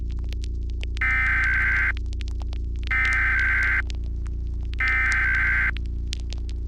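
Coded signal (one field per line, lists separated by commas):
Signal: Emergency Alert System (SAME) tones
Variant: header bursts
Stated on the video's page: Fictional EAS scenario, an original creation, not a real alert.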